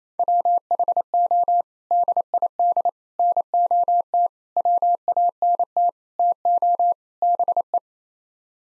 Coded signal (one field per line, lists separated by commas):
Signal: Morse code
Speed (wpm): 28 wpm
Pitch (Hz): 700 Hz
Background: none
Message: WHO DID NOT WANT TO BE